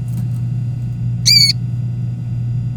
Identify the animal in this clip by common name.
Domestic Canary